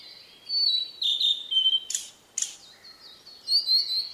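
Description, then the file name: Blue-and-white flycatcher song: high whistled notes stepping downward, two sharp harsh bursts, then a fresh rising and falling whistled phrase. "oruri"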